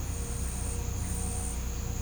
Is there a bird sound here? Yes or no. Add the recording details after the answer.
no. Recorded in pastures near Puerto Asís, Putumayo, Colombia, on 20 December 2024 at 07:30. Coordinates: 0.505, -76.324. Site G063